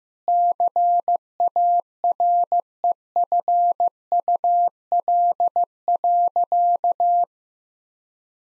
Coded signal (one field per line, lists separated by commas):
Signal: Morse code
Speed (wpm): 15 wpm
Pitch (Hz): 700 Hz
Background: none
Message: CAREFUL.